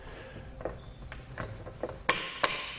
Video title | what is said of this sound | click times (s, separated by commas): Setting up the Fit Kit for Thule Evo Clamp and Edge Clamp Roof Rack Feet on your 2014 Ford Escape | gonna hear that clicking noise which means it's tight enough | 2.1 s, 2.4 s